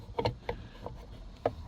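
A rear view mirror base from a 2019-2021 Jeep Grand Cherokee is handled at the windshield mounting button, with its two small feet or tabs meant to go in first before the base is pushed until it locks. Short, sharp taps sound at about 0.2, 0.5 and 1.5 seconds over a low, quiet background. Nothing has seated or clicked yet; the mirror is not yet locked onto the mount.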